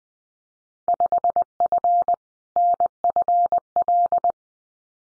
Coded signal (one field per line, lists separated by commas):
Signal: Morse code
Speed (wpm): 20 wpm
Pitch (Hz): 700 Hz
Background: none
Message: 5F NFL